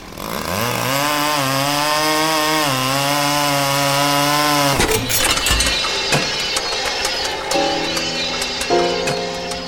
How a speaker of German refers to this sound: Die vernagelten Bäume absägen. Du setzt 10 cm unter dem untersten Nagelkopf an und dann... Nägel viel lang, viel tief nicht geht. Und ob das geht.